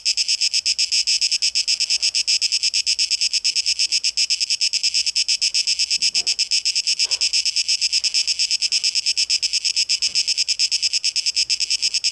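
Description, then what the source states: Cicada song, an intense high pulsing buzz throughout, with several faint clicks or knocks scattered behind it. Recorded 12 August 2023.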